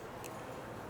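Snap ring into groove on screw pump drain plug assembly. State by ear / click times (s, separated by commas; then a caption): not seated / none. A steel snap ring is handled and worked toward its groove on the drain plug assembly of a SEIM PWO 72 3-rotor screw pump. A short, bright tick is heard at about 0.3 s over a steady low background. Nothing has seated or clicked into place yet.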